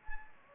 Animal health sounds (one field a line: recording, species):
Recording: mosquito wingbeat signal from an infrared sensor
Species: Anopheles gambiae